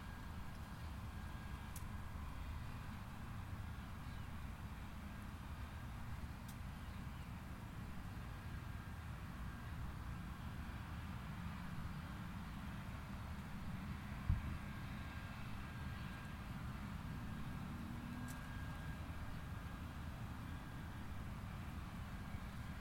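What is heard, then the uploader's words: A golf course in Palm Harbor, Florida, carries a steady low rumble of traffic that holds even throughout. A faint thin tone hums along in the middle, and a few brief clicks break through, one slightly louder near fourteen seconds. Golf Course, Palm Harbor FL.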